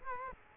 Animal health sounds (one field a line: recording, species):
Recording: mosquito wingbeat signal from an infrared sensor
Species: Culex quinquefasciatus